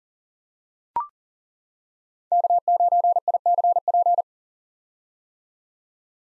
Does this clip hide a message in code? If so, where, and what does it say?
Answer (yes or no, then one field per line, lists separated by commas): yes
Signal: Morse code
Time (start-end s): 2.3-4.2 s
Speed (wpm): 40 wpm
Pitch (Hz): 700 Hz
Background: none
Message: K9ICP